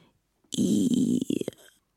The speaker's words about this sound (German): Also das war ja doch eine Erleichterung. Fasse dich kurz, lass einen Furz.